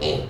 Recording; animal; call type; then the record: contact call of a hoofed animal; pig; closed-mouth grunt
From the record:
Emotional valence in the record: positive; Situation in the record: food and toys in familiar pen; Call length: 0.30 s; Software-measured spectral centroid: 2260 Hz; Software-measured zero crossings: 1820 a second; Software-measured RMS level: -24 dBFS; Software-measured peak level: -12 dBFS